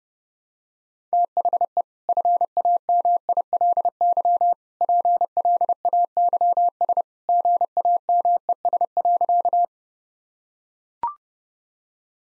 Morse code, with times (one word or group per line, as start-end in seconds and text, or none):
1.1-1.8 THE
2.1-4.5 FAMILY
4.8-7.0 PLAYS
7.3-9.7 GAMES.